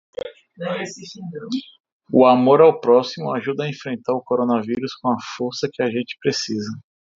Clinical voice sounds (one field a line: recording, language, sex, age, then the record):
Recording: spoken sentence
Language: Brazilian Portuguese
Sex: male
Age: 40 to 49 years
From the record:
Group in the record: control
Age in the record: 41 years